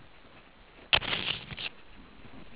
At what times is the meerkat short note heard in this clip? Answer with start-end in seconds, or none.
none